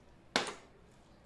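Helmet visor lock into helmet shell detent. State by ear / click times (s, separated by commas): seated / 0.4 s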